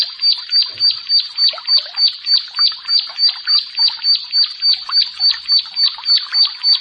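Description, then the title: Bar-winged prinia song of high, sharp chirps repeated at a brisk, regular pace of about three or four per second. "Ciblek Sawah"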